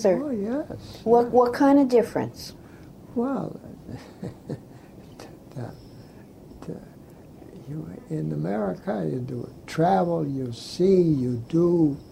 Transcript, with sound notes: Oh yes. Yeah.
What kind of difference?
Well (laughs) ta - in America you do travel, you see, you do